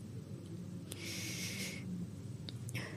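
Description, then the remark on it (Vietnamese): A dying woman pauses mid-sentence to breathe: a labored, raspy gasp drawn in for nearly a second, then a shorter strained breath at the end, both hissy and breathy over a steady low rumble, with no talking. “Bà Nhã Lam còn chưa nói hết câu thì phải dừng lại để thở. Bà cố gắng hít vào một hơi rồi nói tiếp.”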